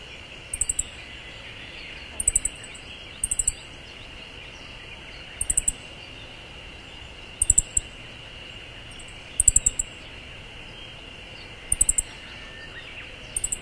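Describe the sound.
Siberian bunting calling with rapid clusters of high, thin tsip notes, repeated every couple of seconds, against a continuous droning insect background.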